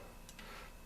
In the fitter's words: this piece does flip open, and it doesn't lock in very well